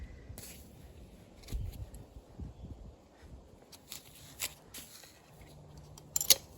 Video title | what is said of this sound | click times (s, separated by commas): Trampoline Assembly with Basketball Hoop | lock into place like that. | 6.2 s